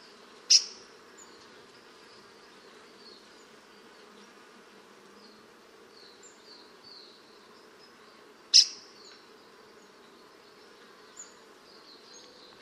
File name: new caledonia grassbird locklate les grandes fongeres farino 2009-07-04